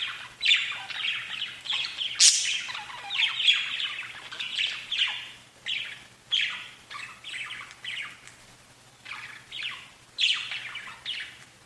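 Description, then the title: Budgerigar chattering in short rasping bursts and chirps, thinning and easing off briefly before picking up again. "Budgie Sounds"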